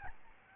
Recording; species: mosquito wingbeat signal from an infrared sensor; Aedes albopictus